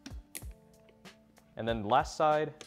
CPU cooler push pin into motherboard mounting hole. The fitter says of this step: You should hear some clicks